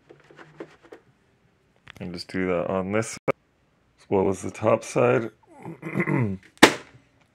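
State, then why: Seated. Someone talks while fitting the plastic top-side cover onto a PS5 console body with the same tap-to-click method, with a few faint light ticks early on. A loud, sharp snap at 6.6 s marks the cover seating into place.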